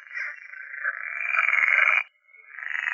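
Pool frog calling: a long, buzzy, rattling croak that swells for about two seconds, then a short pause and a second call beginning.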